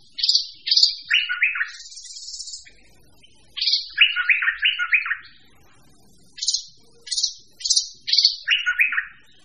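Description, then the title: Bird song of sharp high notes and quick descending buzzy chirp runs in repeated bursts, with a brief hissing buzz early on and short silent gaps. A mix of birds singing. "manuk campur"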